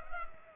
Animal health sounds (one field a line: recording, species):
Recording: mosquito wingbeat signal from an infrared sensor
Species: Culex pipiens